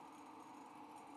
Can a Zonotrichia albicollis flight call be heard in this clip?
no